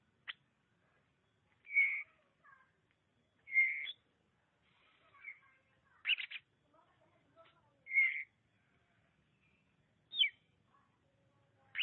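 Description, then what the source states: Oriental magpie-robin song: clear whistled notes at irregular intervals, with several sharp higher notes and soft twitters between. Chirping song (kicauan) of the bird.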